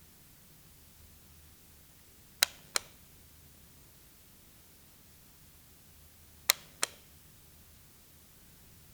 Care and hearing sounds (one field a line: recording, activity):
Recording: daily activity, guitar pickup as the sensor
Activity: operate light